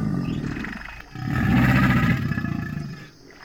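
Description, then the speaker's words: American alligator growl: a deep, rough rumbling that dips briefly, then swells louder with a rapid pulsing vibration before trailing off. "That said, gators definitely know how to growl."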